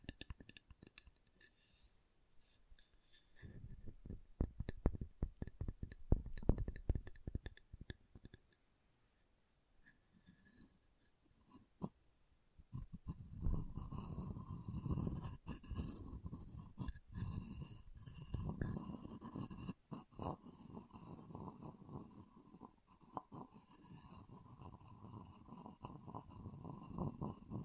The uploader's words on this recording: ASMR Calming Wood Triggers for Sleep (No Talking).